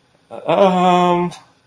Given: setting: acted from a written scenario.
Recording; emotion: vocal sound without words; embarrassment